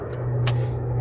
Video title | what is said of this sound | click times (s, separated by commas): No Reserve: 1991 Volkswagen Vanagon Carat Auction Review on Bring a Trailer | and then he probably heard it click uh and that basically does | 0.5 s